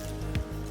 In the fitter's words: all around the wheel you hear it clicked back in